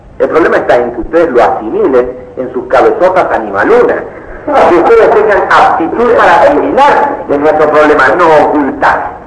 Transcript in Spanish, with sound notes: El problema está en que ustedes lo asimilen en sus cabezotas animalunas, (risas) Que ustedes tengan aptitud para asimilar, es nuestro problema, no ocultar.